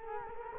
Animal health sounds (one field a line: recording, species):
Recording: mosquito wingbeat signal from an infrared sensor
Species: Culex quinquefasciatus